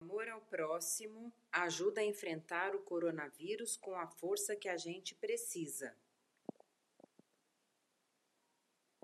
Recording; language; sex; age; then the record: spoken sentence; Brazilian Portuguese; female; 50 to 59 years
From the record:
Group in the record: control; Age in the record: 59 years